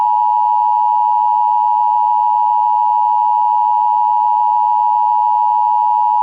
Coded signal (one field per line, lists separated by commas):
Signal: Emergency Alert System (SAME) tones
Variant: 853 and 960 Hz attention tone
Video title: Another AZ Silver Alert! (EAS#115)